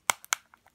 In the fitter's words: you'll hear it snap see it's working